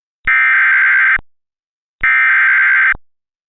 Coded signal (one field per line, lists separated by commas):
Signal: Emergency Alert System (SAME) tones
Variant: header bursts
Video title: EAS Reenactment Mock: Ping pong ball sized hail near Laredo, TX - 06/24/2019